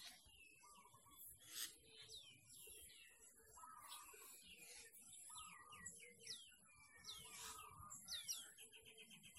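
Several birds call at once: quick chirps, sharp downward notes, short warbled phrases and a buzzy trill, all over a noisy background.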